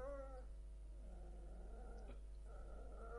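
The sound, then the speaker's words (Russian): A person imitates a dog barking, making drawn-out, growly vocal sounds with wavering pitch that rise and fall over a few seconds, fairly steady in loudness with no clear words. “Ты сам, блядь, вместо собаки лаешь.”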